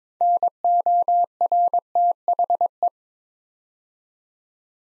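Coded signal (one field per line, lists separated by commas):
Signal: Morse code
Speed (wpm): 22 wpm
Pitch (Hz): 700 Hz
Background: none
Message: NORTHE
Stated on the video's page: Morse practice set at 22 wpm building 8-letter words two letters at a time, for ICR training.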